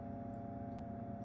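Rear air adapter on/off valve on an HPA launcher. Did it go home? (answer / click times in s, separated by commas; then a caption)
no / none. The rear on/off air adapter (ASA) on a Grimburg FSC HPA-powered less-lethal launcher, set to 950 psi output with a Grimburg 8-inch barrel, is being turned forward by hand. A steady low hum with tonal bands near 200 Hz and 600 Hz runs throughout, with faint brief hiss-like bursts around 0.3, 0.8 and 1.2 seconds. Nothing has seated or clicked yet.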